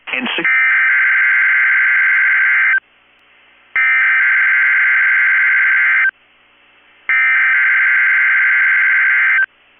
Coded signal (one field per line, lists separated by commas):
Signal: Emergency Alert System (SAME) tones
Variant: header bursts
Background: speech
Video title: 7/12/23 - KEC65 Required Weekly Test (EAS #820)